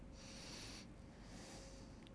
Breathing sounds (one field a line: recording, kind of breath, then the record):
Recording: one breath in and out by a microphone near the nose and mouth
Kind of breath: deep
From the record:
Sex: male